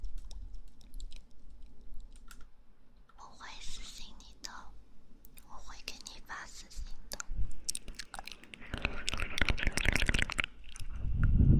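Soft kissing and moist mouth sounds right at the ear, with small clicks and smacks scattered through the first eight seconds and a couple of whispery bursts around four and six seconds. After about nine seconds the sounds grow louder and denser, ending in a rough rustling swell.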